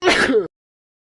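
A single short sneeze from an adult, about half a second long: a sudden explosive, hissing burst that ends in a brief voiced tail, then silence. Quiet room, no other sounds.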